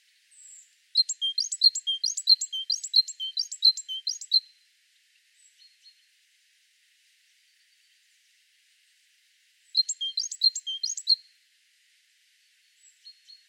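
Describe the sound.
Great tit singing two bouts of a repeated high-low two-note phrase, the first long run lasting several seconds, a quiet gap, then a shorter second bout.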